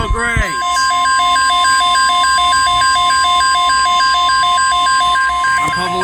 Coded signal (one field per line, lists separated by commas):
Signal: Emergency Alert System (SAME) tones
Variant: 1050 Hz attention tone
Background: speech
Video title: Here we go Again! (EAS#380-382)